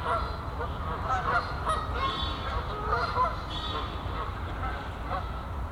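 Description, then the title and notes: Goose: geese giving scattered, softer nasal honks against a constant low-pitched rumble. Geese on a castle pond in a botanical garden at Meise, Belgium; binaural recording. "Meise, jardin botanique. Des oies sur l'étang du chateau de Bouchout. Enregistrement binaural"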